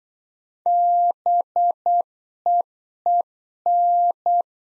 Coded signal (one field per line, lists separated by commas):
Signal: Morse code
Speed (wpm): 8 wpm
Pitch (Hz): 700 Hz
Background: none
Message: BEEN